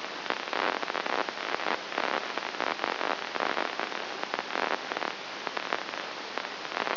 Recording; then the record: brain microelectrode recording played as sound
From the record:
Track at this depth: inside the subthalamic nucleus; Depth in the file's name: 1.302 mm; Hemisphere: right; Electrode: 3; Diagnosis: Parkinson's disease